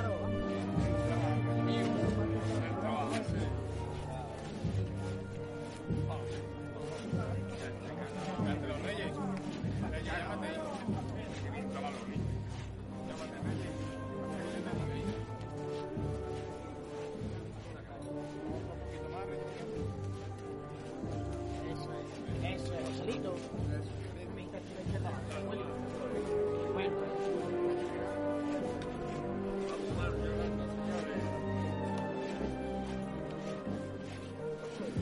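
The procession of María Santísima de Salud y Esperanza passes through the San Benito neighborhood, with dense, sustained band-like tones over a steady low beat. Crowd voices mix in throughout, and the level stays fairly even for the whole stretch.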